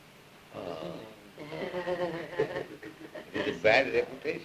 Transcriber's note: giggles